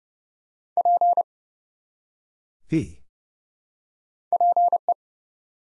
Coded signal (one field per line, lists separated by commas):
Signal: Morse code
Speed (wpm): 30 wpm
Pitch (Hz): 700 Hz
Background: none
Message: P PE